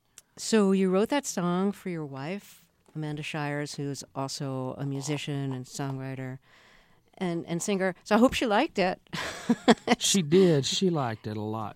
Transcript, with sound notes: So you wrote that song for your wife, Amanda Shires, who is also a musician and songwriter and singer. So I hope she liked it.
(LAUGHTER)
She did. She liked it a lot.